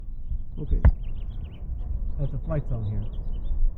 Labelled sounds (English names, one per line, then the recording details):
House Finch song
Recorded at Neponsit on Long Island, New York, on 4 June 1975
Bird G